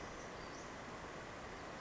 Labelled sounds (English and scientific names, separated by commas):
Western Flycatcher (Empidonax difficilis)